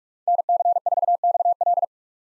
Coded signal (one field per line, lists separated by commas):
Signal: Morse code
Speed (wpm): 46 wpm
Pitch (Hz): 700 Hz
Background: none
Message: NC4XL